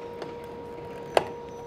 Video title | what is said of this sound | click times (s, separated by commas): Technical Tips- 620-120 Chain Grinder Maintenance (Oregon chainsaw sharpener) | keep moving that until it clicks into place | 1.2 s